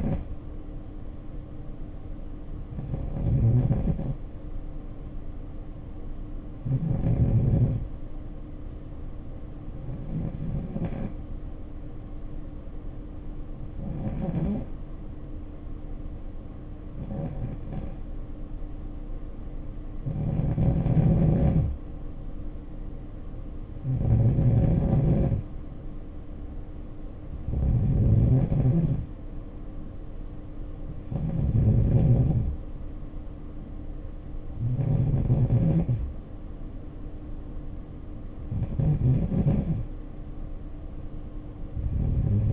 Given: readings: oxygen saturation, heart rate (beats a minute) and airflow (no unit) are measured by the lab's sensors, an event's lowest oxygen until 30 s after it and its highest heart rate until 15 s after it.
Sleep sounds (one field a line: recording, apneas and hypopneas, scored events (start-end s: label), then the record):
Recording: breathing in sleep by a smartphone at the bedside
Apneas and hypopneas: 1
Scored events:
7.00-20.60 s: hypopnea (N2, oxygen 94% highest, then 89% lowest, heart rate 60 at the start, 62 highest)
From the record:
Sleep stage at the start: N2 (light sleep)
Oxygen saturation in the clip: 89 to 94%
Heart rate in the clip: 55 to 62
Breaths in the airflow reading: 12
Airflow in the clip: -6.6 to 4.0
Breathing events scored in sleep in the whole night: 520 in 7.2 hours asleep